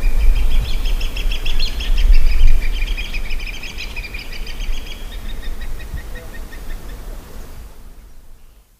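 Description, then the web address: Crowned hornbill giving a rapid run of plaintive whistled notes, repeated several times a second and fading out toward the end, over low rumbling noise. "hornbill crowned Crowned hornbill Tockus alboterminatus"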